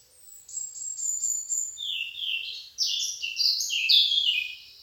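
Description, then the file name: Eurasian blackcap song opening with thin high notes, then a louder, hurried warble of jumbled chirps and clear fluty notes. "Sylvia atricapilla"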